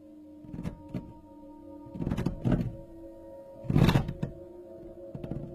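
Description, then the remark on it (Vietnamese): A heavy object is shoved and dragged across a wooden floor in a series of irregular thumps and scraping bursts, with a low steady hum underneath and no voices. “Là tiếng vật nặng bị di chuyển ở trên nền gỗ.”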